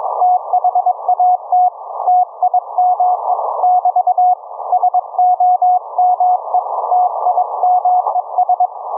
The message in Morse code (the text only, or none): THAT TIME <BT> SOMETIMES